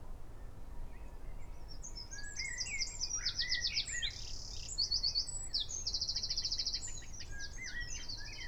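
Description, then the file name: Eurasian wren song: rapid high twitters that build into loud buzzy trills, repeated in dense bursts for several seconds, above a low steady hum. "Troglodytes troglodytes"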